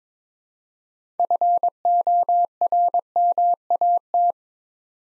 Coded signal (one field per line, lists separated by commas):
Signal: Morse code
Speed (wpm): 22 wpm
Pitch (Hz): 700 Hz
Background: none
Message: FORMAT